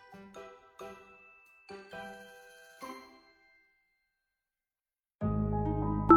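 ding-dong chime sound effect

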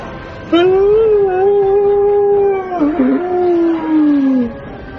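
long drawn-out howl

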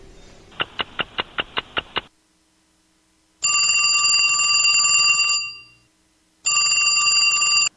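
telephone ringing

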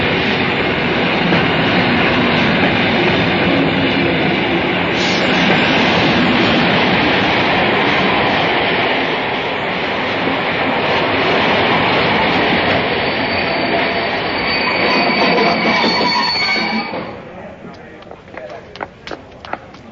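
train

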